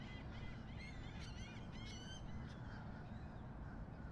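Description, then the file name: Gull calls, several harsh wavering cries overlapping around the middle, over a constant low rumble of harbor noise. Harbor ambience at Miami harbor, recorded at 7 am. "Skyliner-Miami-harbor-7 am-seagul"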